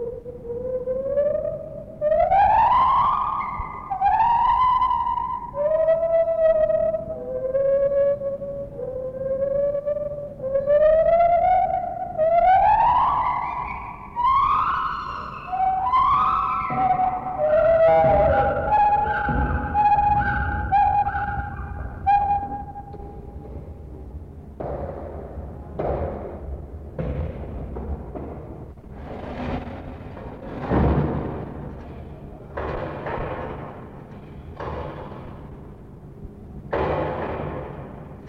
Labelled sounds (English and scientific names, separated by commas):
Lar Gibbon (Hylobates lar)